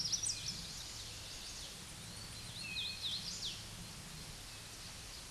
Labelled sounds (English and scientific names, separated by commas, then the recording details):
Hooded Warbler (Setophaga citrina) song
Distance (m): 70 m
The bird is about 30 m above the microphone
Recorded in a Pennsylvania forest on 16 May 2024 at 09:51
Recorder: AudioMoth, point MSD-0079
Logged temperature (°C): 16.1 °C
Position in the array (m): 154 m, 145 m